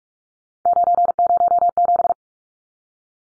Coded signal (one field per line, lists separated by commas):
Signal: Morse code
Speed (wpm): 44 wpm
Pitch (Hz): 700 Hz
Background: none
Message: 907